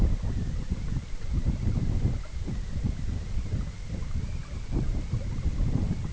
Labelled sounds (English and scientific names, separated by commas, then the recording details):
none
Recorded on Arctic tundra, site EABA-MC, on 20 June 2019
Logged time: 14:00